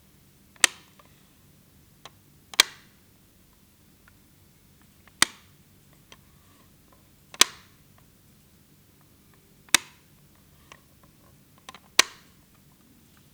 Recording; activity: daily activity, guitar pickup as the sensor; operate light